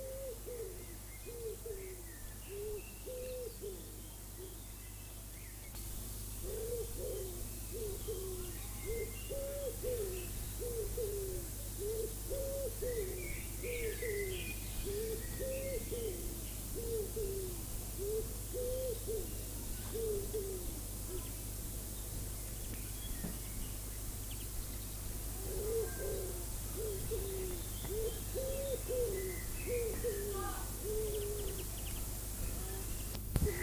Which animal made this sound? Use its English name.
Common Wood Pigeon